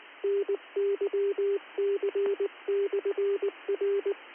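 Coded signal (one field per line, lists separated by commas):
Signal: Morse code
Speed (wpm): 19 wpm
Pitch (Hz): 400 Hz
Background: none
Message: NYC/R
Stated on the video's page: Live tuning on 10 m FM with an Anan 100 transceiver and a 68-foot quarter-wave 80 m vertical antenna.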